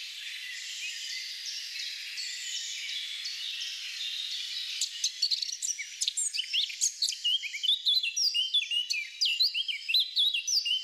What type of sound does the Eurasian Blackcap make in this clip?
song